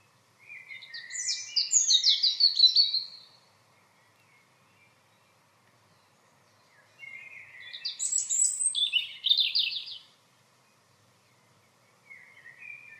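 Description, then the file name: European robin song: two bursts of high, rapid warbling phrases separated by near silence, with a third phrase starting at the end. "Erithacus rubecula"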